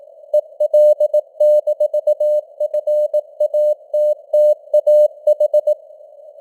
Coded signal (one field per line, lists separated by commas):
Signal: Morse code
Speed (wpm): 18 wpm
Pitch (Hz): 600 Hz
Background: none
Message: EL-FATTAH